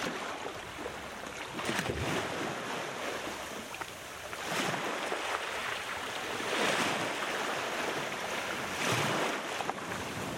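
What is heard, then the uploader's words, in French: Waves wash over coral reefs in a bay, a dense, continuous rush of water that rises and falls without pause. Brighter surges break through at around 2, 4.5, 6.5 and 9 seconds, each a short hissing swell over a steady low roar. Île de Maré, Nouvelle-Calédonie. On commence par le ressac des vagues sur les récifs coralliens de la baie de Péhdé. Paysage sonore de Maré.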